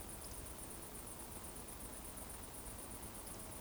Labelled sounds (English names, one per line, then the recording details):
Eurasian Woodcock whistle
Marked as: whistle, whistle
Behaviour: display flight
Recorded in Baden-Württemberg, Germany, on 24 June 2020 at 20:27 UTC
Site 14569, 102 m above sea level